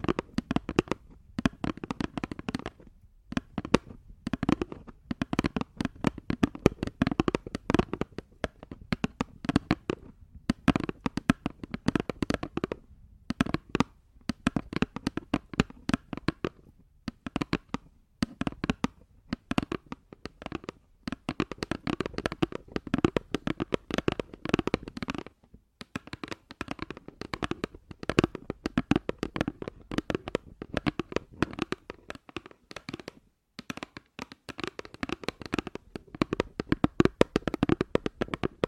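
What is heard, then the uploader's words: Close, crackling rustles fill the ears almost without pause, like fingers rubbing and tapping right against the microphone. The sound is rapid and dense, pops and scratches running from low thumps to bright crackle, broken by brief silences near 3, 10, 17 and 25 seconds. ASMR Sleep Sounds Inside Your Ears! (No Talking).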